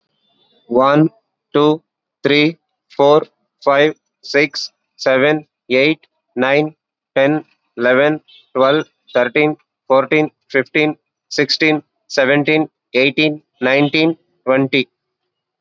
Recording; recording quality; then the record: counting at a normal pace; excellent, no background noise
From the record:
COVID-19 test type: RT-PCR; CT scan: not taken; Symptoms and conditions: none ticked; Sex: male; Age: 29 years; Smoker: no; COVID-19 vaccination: both doses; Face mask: worn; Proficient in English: yes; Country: India